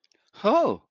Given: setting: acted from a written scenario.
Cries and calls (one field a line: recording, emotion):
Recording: vocal sound without words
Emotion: negative surprise